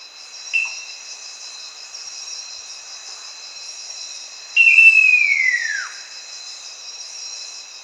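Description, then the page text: Great eared nightjar calling: a brief sharp note, then after a pause a long clear whistle that slides gradually downward, with steady insect buzzing behind. "Great Eared Nightjar Call. Quick Sounds"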